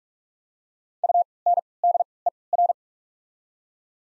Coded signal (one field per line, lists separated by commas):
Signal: Morse code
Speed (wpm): 46 wpm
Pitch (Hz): 700 Hz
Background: none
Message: UNDER